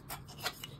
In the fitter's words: कैली की का किनारा ढूँढ़ो और बस इसे लगा दो। आपको क्लिक की आवाज़ सुनाई देगी।